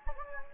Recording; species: mosquito wingbeat signal from an infrared sensor; Anopheles gambiae